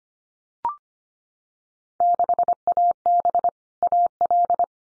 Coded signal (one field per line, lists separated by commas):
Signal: Morse code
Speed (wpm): 25 wpm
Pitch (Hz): 700 Hz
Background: none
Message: 6AB AL